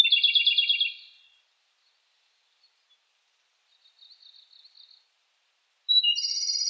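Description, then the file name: Japanese robin song phrases: a loud fast trill fading out, a quiet high twitter, then a whistled note opening another rapid trill. Recorded 18 July 2004. "040718 komadori"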